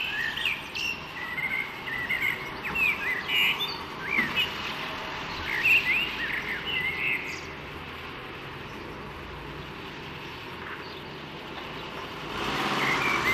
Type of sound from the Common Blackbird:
song